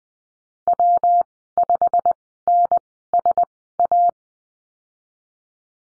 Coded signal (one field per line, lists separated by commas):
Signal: Morse code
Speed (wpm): 20 wpm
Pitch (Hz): 700 Hz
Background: none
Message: W 5 N S A